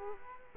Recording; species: mosquito wingbeat signal from an infrared sensor; Culex quinquefasciatus